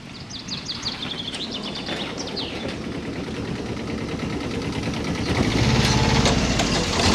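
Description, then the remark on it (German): The gravedigger's small car, used to maintain the churchyard, drones steadily, its engine growing louder toward the end as it passes, while birds chirp in quick bursts during the first few seconds. “Das war der Totengräber mit seinem Auto, was er hier verwendet, um den Kirchhof zu pflegen.”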